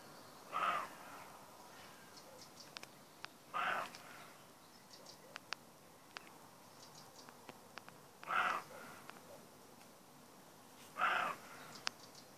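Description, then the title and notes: Roe deer giving four short, harsh barks spaced roughly three to five seconds apart, with faint clicks and ticks between them. Young male roe deer calling in the morning, trying to draw four hesitant does out of cover into a meadow; Donzenac, Corrèze, France; the call is called brame. "Donzenac, Corrèze, France - brame de chevreuil. Un jeune chevreuil, par son brame matinal, cherche à attirer dans le pré 4 chèvres qui hésitent à quitter le couvert"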